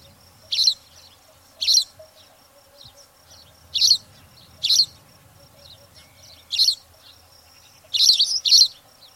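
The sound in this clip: Spanish sparrow chirps, harsh single notes at irregular intervals, ending in a quick cluster.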